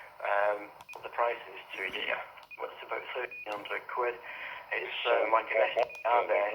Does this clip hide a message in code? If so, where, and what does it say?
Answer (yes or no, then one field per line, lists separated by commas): no